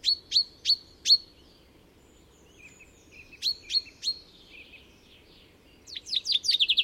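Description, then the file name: Common chaffinch giving sharp, high downward-swept notes in short groups of three or four, with faint softer chirps between and a quick trill starting at the end. "Fringilla coelebs"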